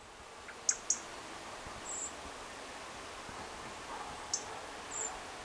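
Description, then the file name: European robin uttering a pair of sharp high ticks and a short, thin high whistle, then a single tick and another whistle, with background hiss. "Erithacus rubecula"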